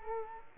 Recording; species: mosquito wingbeat signal from an infrared sensor; Culex quinquefasciatus